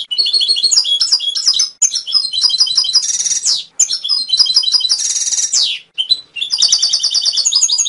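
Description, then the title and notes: Atlantic canary singing continuously: fast high trills, chattering phrases and two loud buzzy rolls, with brief pauses between tours. Masteran song, a tutor recording played to train other songbirds and stimulate their singing. "PANCINGAN SUARA MASTERAN KENARI. masteran kicau kenari"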